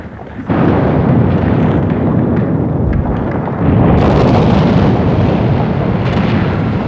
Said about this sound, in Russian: не услыхал четвертого взрыва.